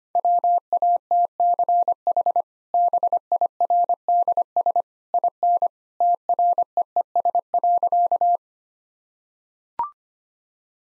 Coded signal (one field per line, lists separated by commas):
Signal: Morse code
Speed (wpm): 25 wpm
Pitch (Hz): 700 Hz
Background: none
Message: WATCH BIRDS IN TREES.